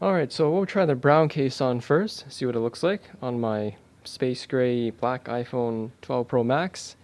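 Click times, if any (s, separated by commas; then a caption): none. A brown rubber-rimmed Nomad Rugged leather case is about to go onto a space gray black iPhone 12 Pro Max while someone talks throughout. The case has not snapped or seated onto the phone yet.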